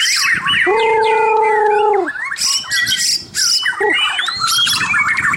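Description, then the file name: White-rumped shama song: rich whistled phrases with a long steady double-toned note held for over a second, then bursts of rapid varied warbles and chirps. Local name murai batu mahkota. "suara-murai-batu-mahkota-v 2"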